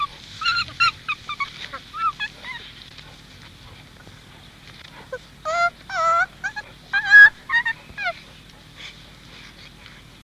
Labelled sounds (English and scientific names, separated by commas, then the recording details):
Chimpanzee (Pan troglodytes) call
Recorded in captivity
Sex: female
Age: juvenile
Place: Tierpark Berlin, Berlin, DE
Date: 1966-06-09
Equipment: Englisches Reportergerät, Kopie Qualiton
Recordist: Altmann, Dagmar